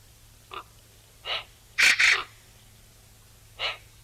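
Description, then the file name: Eurasian magpie harsh calls: soft single rasps before and after a loud double rasping note. "Pica pica"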